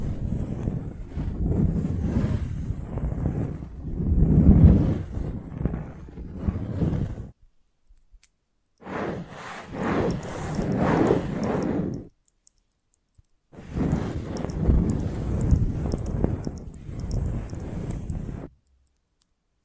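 Close, dry tapping and scratching come in three bursts of roughly four to seven seconds each, separated by short silences. The taps are quick and uneven, with a soft scraping texture underneath, mostly low and muffled with a little brighter rasp on top.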